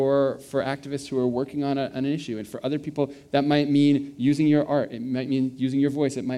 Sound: none

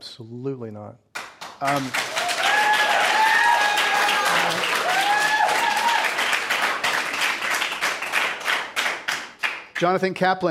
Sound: applause

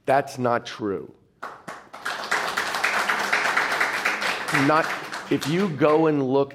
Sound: applause

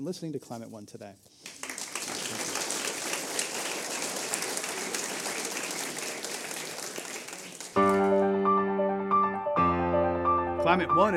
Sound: applause

